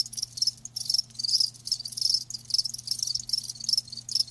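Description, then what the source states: High cricket chirping in dense pulsed trains, with short pauses between phrases and a low continuous hum beneath. Live crickets chirping, a lulling song.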